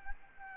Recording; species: mosquito wingbeat signal from an infrared sensor; Aedes albopictus